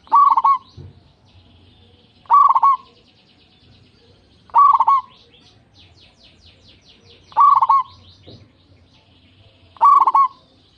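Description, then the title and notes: Zebra dove song: five bubbling coo phrases a few seconds apart, while another small bird twitters high and thinly in the background. Local strain, singing actively, with a loud, clear, crystal-like voice. "PERKUTUT LOKAL GACOR Suara KRISTAL LANTANG. Kicau Burung Perkutut"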